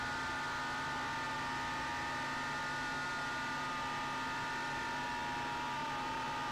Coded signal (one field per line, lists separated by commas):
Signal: FT8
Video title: making FT8 QSOs with WSJT-x on 20M